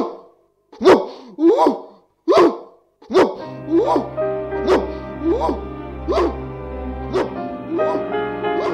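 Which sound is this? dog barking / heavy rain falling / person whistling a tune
dog barking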